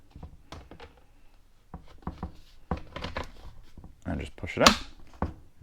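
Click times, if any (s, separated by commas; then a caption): 5.2 s. A plastic blower tube is lined up by its blue button with the knob on a Kobalt KLB 1040B-03 leaf blower body and pushed on while someone talks. Several soft knocks and scrapes come before a sharp click at 5.2 s as the latch seats the tube in place.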